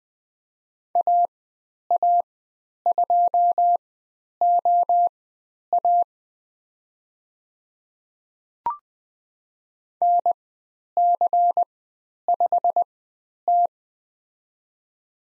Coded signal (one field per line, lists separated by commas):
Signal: Morse code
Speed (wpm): 20 wpm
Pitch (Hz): 700 Hz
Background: none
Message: AA2OA NC5T